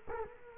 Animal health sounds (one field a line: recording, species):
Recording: mosquito wingbeat signal from an infrared sensor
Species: Culex quinquefasciatus